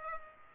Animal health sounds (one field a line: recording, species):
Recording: mosquito wingbeat signal from an infrared sensor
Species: Culex pipiens